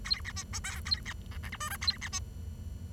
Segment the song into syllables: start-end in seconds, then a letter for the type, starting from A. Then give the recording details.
0.05-0.21 A, 0.25-0.32 B, 0.36-0.44 C, 0.53-0.59 D, 0.64-0.80 E, 0.85-0.99 A, 1.05-1.13 B, 1.31-1.38 F, 1.43-1.50 G, 1.52-1.57 H, 1.60-1.69 I, 1.70-1.77 J, 1.81-1.97 A, 2.01-2.08 B, 2.12-2.19 C. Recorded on 23 June 2012 at 09:49. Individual gr41rd51